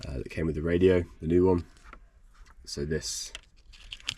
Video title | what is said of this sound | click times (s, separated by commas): Ep 12: 3 night STEALTH camp in central London + head unit Stealth Camper Van Build - Transit Custom | slots into here. That will click into place just like that. | 4.1 s